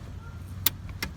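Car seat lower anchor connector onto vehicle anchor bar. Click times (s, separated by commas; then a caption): 0.7 s. The lower anchor connector on the strap of a Safety 1st Grow and Go forward-facing car seat is pushed onto the vehicle's metal anchor bar in the seat bight, where the seat back meets the seat cushion. A sharp, bright click sounds at 0.7 s over a low background hum, followed by a softer click at 1.0 s. The connector clicks on firmly and is seated.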